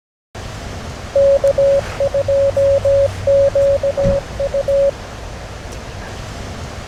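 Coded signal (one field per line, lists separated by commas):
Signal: Morse code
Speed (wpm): 17 wpm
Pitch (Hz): 560 Hz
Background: none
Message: K2QU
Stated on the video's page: Random callsigns in Morse recorded during a park activation, not computer generated, each played three times at varying volume to mimic on-air signals.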